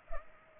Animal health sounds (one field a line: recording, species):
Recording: mosquito wingbeat signal from an infrared sensor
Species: Culex pipiens